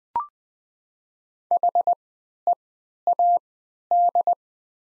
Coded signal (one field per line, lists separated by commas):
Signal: Morse code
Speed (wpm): 20 wpm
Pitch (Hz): 700 Hz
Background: none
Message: HEAD